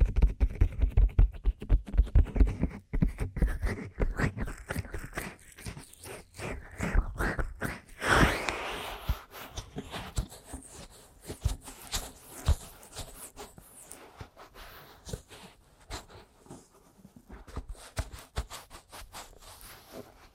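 Aggressive ear massage and tapping: dense, rapid rubbing and scratching bursts, loud and thick at first, then softer, scattered taps after eight seconds.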